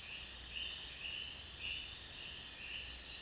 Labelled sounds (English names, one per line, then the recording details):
none
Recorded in dense forest near Puerto Asís, Putumayo, Colombia, on 22 June 2025 at 03:00
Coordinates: 0.466, -76.327
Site GP04